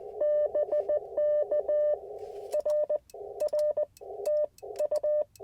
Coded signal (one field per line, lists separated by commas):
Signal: Morse code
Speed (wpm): 20 wpm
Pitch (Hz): 590 Hz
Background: none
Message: BK R R T U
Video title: Morning Morse Code - 2/19/24